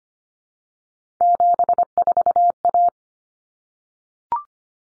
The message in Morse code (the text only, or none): 74A